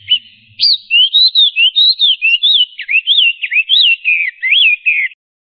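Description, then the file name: Chinese hwamei song: a rapid run of clear, looping whistled notes, each rising and falling, delivered continuously for about five seconds before stopping. "audio-kicauan-burung-hwamei -omkicau"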